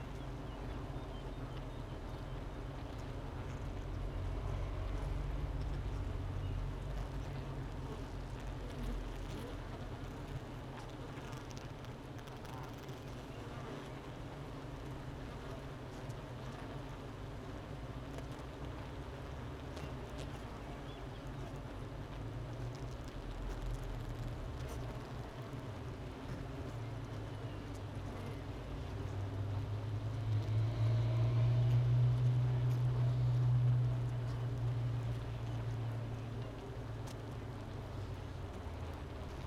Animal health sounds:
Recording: honeybee colony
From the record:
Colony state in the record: missing queen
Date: 31 May 2018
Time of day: 9:27

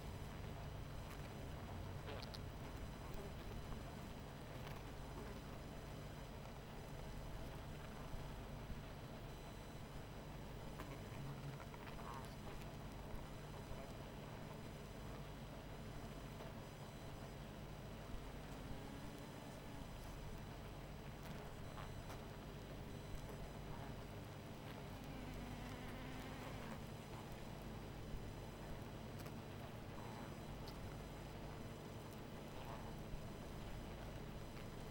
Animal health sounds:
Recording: honeybee colony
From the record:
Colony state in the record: missing queen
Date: 14 July 2017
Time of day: 22:00

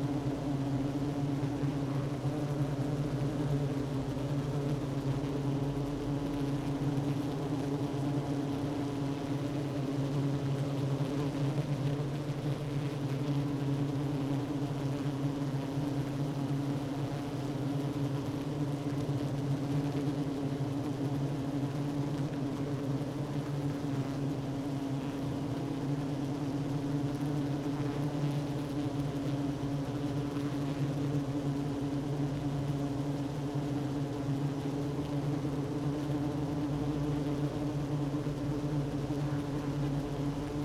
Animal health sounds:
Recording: honeybee colony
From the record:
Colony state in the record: active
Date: 12 June 2018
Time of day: 10:42

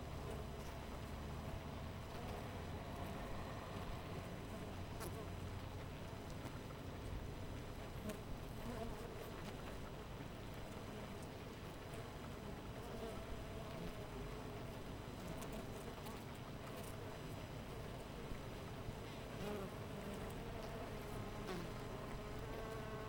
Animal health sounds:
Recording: honeybee colony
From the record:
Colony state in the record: missing queen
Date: 14 July 2017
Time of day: 5:32

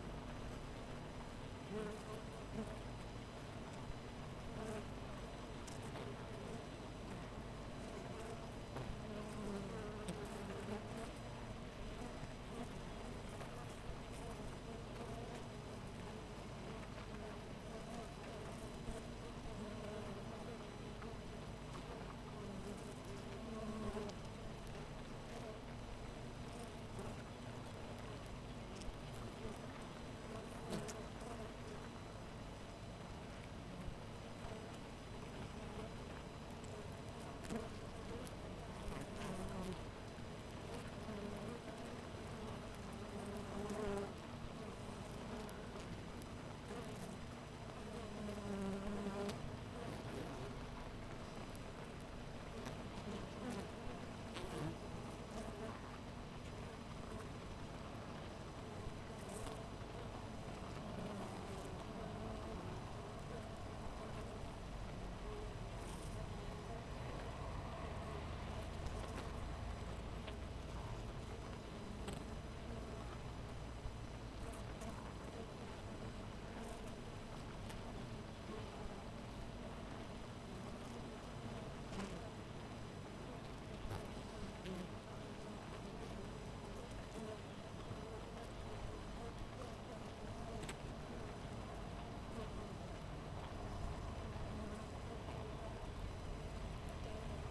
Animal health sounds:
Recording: honeybee colony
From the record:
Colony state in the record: missing queen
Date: 14 July 2017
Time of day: 6:05

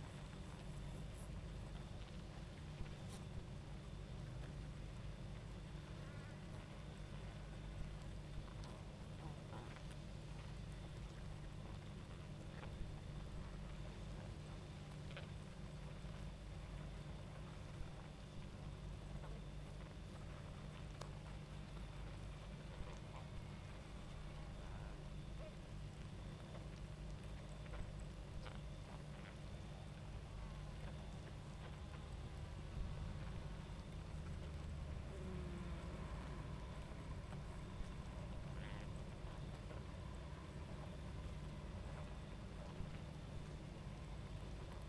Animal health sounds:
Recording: honeybee colony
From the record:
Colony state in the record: active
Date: 28 July 2017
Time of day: 22:31

